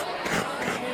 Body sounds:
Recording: coughing mixed with background sound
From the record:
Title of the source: 30 Chesty and wet cough

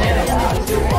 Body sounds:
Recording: background sound without coughing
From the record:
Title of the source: Nightlife Party Simulating Party Club Noise 1 Hour

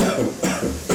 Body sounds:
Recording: coughing mixed with background sound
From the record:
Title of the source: Residual Phlegmy Morning Coughing and Gagging

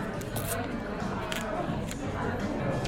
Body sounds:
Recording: background sound without coughing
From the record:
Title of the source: 60 minutes of coffee shop sounds for study and concentration

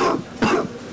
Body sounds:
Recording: coughing mixed with background sound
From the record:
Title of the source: Coughing 77

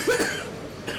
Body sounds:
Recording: coughing mixed with background sound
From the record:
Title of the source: 64 coughing, allergies, singing lungs

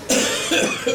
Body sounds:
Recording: coughing mixed with background sound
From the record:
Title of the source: Spring Cold Coughing.

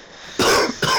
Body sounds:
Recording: coughing mixed with background sound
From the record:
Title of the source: Coughing 60

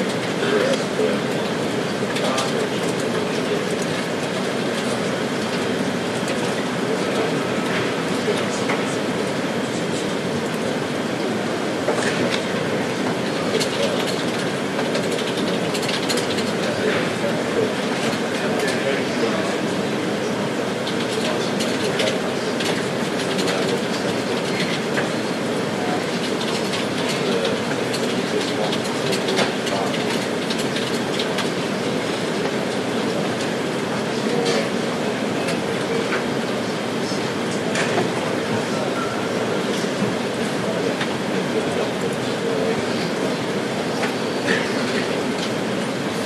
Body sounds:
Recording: background sound without coughing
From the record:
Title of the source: Office Sounds Ambience - Background Noise for Study and Work

